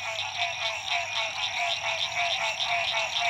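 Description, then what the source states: Chorusing frogs, overlapping pulsed notes swelling and fading in a steady high-pitched mass. Frogs at dusk at La Rue PH, Illinois.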